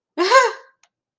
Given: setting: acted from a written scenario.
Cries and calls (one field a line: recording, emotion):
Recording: vocal sound without words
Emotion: positive surprise